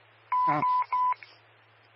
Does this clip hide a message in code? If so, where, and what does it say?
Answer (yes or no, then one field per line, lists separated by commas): no